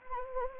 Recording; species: mosquito wingbeat signal from an infrared sensor; Anopheles gambiae